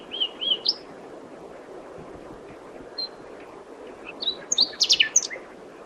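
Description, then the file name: Common nightingale: bird song of a few whistled notes, a brief sharp call and a busier cluster of high chattering notes near the end, over steady background noise. "Luscinia megarhynchos"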